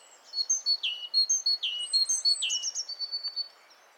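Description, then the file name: Great tit calls: a busy run of short high chirps and down-slurred notes, closely repeated. "Parus major"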